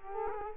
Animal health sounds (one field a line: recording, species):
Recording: mosquito wingbeat signal from an infrared sensor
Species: Culex quinquefasciatus